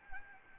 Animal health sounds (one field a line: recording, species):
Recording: mosquito wingbeat signal from an infrared sensor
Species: Anopheles arabiensis